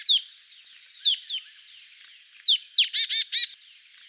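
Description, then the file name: Marsh tit calls: sharp descending notes followed by a quick run of buzzy, repeated chattering notes near the end. "Poecile palustris"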